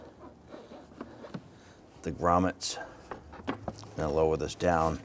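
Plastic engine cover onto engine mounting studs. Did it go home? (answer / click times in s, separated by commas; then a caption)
no / none. Someone talks while handling the plastic engine cover of a 2011-2023 Dodge Charger 3.6L V6, during a thermostat and housing replacement, reaching underneath to locate its grommets over the engine mounting studs before lowering it down. Soft handling knocks come at about 1.0, 1.3, 3.1, 3.5 and 3.7 s. The cover has not been pushed home and nothing has seated or clicked yet.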